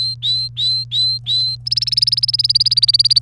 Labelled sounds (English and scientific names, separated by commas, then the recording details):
Domestic Canary (Serinus canaria) song
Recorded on 1 May 2018 at 09:21
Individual llb3